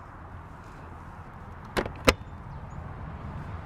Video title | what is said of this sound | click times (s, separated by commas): 👆Click to watch full video👆 #malayalam #travel #camping #holiday #travel #caravan #motorhome #fyp | ഇത് തന്നെ lock ആയിക്കോളും. | 2.1 s